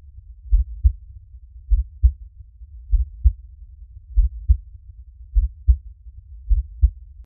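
A slow, steady adult heartbeat, about 50 beats per minute, each beat a pair of deep, low thumps.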